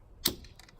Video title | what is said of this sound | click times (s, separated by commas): Replace passenger interior door handle 2010 F150 in under 9 minutes | through the slot and push it in till you hear a click there | 0.3 s